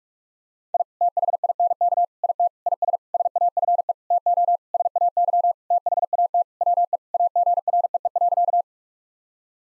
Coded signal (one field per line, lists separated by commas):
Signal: Morse code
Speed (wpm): 46 wpm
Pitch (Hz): 700 Hz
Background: none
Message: I THINK IT IS SAFE TO SAY THAT WE AGREE.